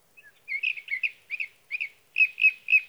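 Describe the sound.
Sage thrasher song made of short, bright warbled phrases repeated in quick succession, in a quiet setting.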